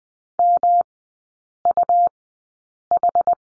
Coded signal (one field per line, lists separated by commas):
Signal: Morse code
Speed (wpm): 20 wpm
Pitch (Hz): 700 Hz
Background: none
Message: MUH